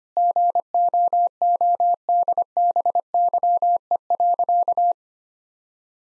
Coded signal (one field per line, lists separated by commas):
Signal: Morse code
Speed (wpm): 25 wpm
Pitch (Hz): 700 Hz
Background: none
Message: GOODBYE.